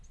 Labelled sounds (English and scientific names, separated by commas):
Lucy's Warbler (Leiothlypis luciae) flight call